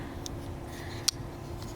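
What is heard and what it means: The blade of a non-locking slipjoint pocket knife is opened or closed, and the backspring detent snaps it into place with a sharp click at 1.1 s. A faint tick comes at 0.3 s and a softer one at 1.6 s, over a steady low hum. The blade seats in the detent.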